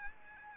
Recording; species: mosquito wingbeat signal from an infrared sensor; Aedes albopictus